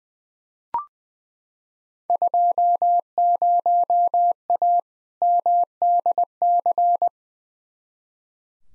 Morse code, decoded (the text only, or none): 20A MDC